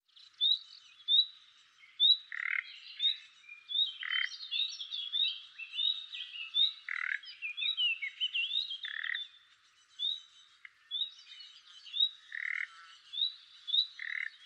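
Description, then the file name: Common nightingale song, a busy stream of varied whistles and chirps. "Luscinia megarhynchos"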